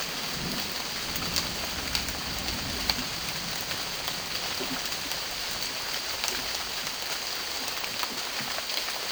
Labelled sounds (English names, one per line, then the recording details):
none
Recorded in dense forest near Puerto Asís, Putumayo, Colombia, on 9 March 2025 at 12:00
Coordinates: 0.481, -76.323
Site G088